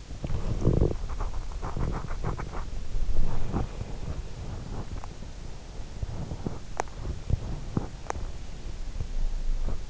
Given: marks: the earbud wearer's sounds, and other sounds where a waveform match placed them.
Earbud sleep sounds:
sounds in sleep by an in-ear microphone; body movement, breath
0.00-5.33 s: body movement
3.13-4.42 s: breath

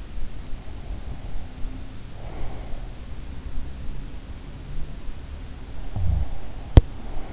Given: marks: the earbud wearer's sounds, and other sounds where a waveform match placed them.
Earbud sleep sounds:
sounds in sleep by an in-ear microphone; breath, snoring breath, teeth grinding
2.29-2.87 s: breath
5.89-6.34 s: snoring breath
5.89-7.33 s: breath
6.63-6.97 s: teeth grinding

